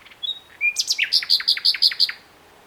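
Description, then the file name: Common nightingale song phrase: a thin high whistle and a lower note, then a fast series of about ten loud, sharp, repeated notes that stop abruptly. "Luscinia megarhynchos"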